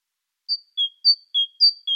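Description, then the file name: Great tit song: clear whistled two-note phrases, high then lower, repeated three times in a quick, even rhythm. "Parus major"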